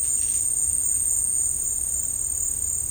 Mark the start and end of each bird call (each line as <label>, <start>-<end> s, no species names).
bird call, 0.04-0.48 s